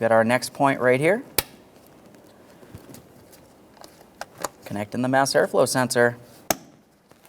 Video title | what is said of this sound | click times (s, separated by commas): How to Replace Camshaft Position Sensors 2012-2018 Nissan Maxima 3.5L V6 | Audible click, light tug. | 6.5 s